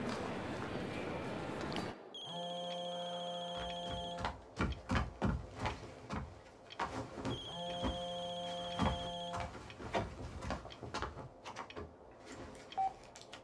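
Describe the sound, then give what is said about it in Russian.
A telephone left at home rings twice, each steady, buzzy electronic ring lasting about two seconds with a pause between, while knocks and clattering handling sounds continue around and after the rings. “Оля слышит звонок.”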